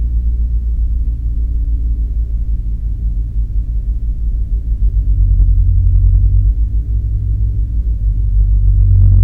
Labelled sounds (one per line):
machinery
flare stack